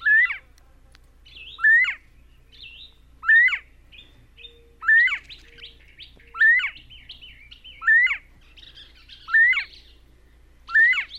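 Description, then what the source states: Northern Bobwhite hoy calls, rising whistled notes repeated about every 1.6 seconds, with faint squeaky notes in between. Hoy or hoyee call of the bobwhite, given more year-round, distinct from the 'bob white' call; bobwhites form coveys of up to 20 birds of mixed sexes.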